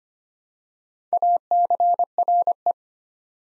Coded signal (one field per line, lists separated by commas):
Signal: Morse code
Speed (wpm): 25 wpm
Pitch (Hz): 700 Hz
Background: none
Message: ACRE